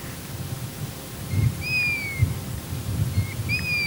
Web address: Piviere dorato